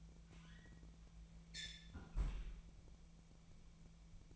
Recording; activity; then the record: daily activity, microphone in the room; close fridge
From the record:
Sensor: 1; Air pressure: 1000.1 hPa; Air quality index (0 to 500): 135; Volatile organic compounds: 2 ppm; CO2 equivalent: 1273 ppm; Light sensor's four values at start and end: 37/93/39/48 and 37/94/39/48